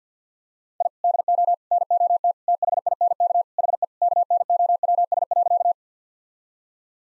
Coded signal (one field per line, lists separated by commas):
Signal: Morse code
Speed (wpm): 50 wpm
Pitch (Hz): 700 Hz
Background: none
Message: I DO NOT THINK HE KNOWS.